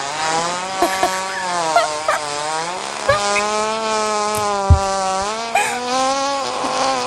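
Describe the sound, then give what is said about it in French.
A continuous, rasping buzz imitating a mosquito, produced by a young man forcing air through his buttocks for about 20 seconds, holds a steady low-mid pitch that wavers slightly, broken by occasional soft pops and no talking. “Est-ce qu'un jeune homme a imité le bruit d'un moustique avec ses fesses pendant 20 secondes?”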